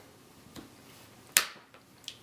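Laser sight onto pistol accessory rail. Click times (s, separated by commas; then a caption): 1.4 s. A Viridian green laser sight is slid onto the accessory rail of a Ruger SR9 pistol frame and snaps into place at 1.4 s with a sharp, loud snap. Fainter clicks come before and after it, and the laser is seated on the rail.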